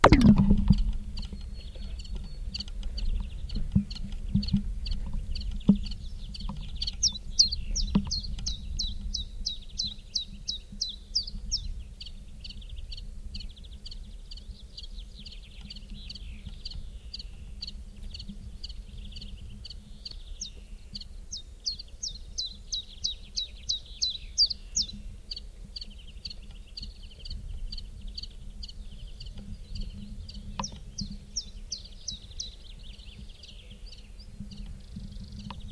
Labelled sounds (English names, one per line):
Common Chiffchaff song